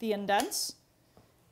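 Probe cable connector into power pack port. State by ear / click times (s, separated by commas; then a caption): seated / 1.2 s. Someone talks briefly as the probe cable connector is lined up and inserted into port one of the TLC-2000 power pack. After a quiet pause, a single faint, short click sounds at 1.2 s as the connector seats in the port.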